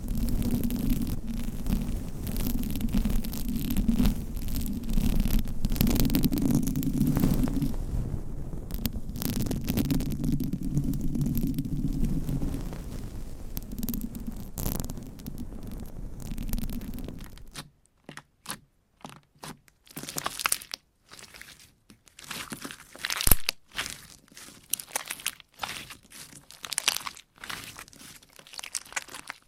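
Scratching and rubbing fill the first seventeen seconds, a dense, steady rasp over a low humming drone that swells and eases. Then the drone stops and the sound turns sparse: short, bright taps and scratches come in irregular bursts, with brief silences between.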